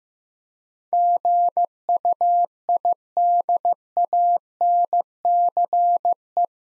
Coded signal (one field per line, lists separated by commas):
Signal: Morse code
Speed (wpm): 15 wpm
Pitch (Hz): 700 Hz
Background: none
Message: GUIDANCE